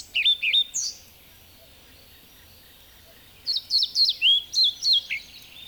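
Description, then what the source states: European Pied Flycatcher song: a short burst of high notes, a silence of a few seconds, then a longer phrase of clear, alternating whistled notes. Field recording from Finland, released on cassette in 1987.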